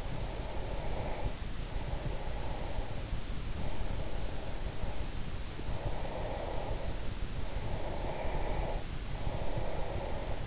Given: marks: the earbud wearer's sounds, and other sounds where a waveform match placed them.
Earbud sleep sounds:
sounds in sleep by an in-ear microphone; breath
0.00-2.71 s: breath
3.52-6.98 s: breath
7.40-10.47 s: breath

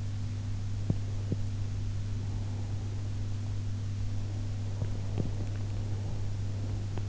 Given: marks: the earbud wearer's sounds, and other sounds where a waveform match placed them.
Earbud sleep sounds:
sounds in sleep by an in-ear microphone; teeth grinding
0.83-1.44 s: teeth grinding
4.74-7.09 s: teeth grinding

